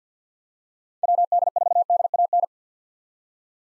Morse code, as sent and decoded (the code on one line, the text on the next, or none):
.-- -.. ....- -.. .- -.
WD4DAN